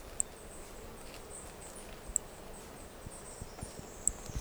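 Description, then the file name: Brachycephalus toadlet call: a few brief high-pitched notes spaced roughly two seconds apart, against constant low ambient noise. Two individuals (4 and 5) of an unidentified Brachycephalus species, recorded at Corcovado. "Brachycephalus sp ind 4 ind 5 Corcovado two starting notes lost"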